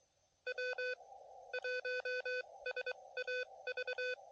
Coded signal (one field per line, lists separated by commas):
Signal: Morse code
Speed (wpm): 23 wpm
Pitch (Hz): 1500 Hz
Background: none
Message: W1SAV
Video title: QRP CW POTA